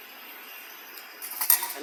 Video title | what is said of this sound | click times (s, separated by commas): Froth Party Keg / Jockey Box Setup / How To | so again all the way down you'll hear it click and | 1.5 s